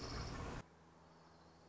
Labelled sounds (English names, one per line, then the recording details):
Orange-crowned Warbler
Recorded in Sonoma County, California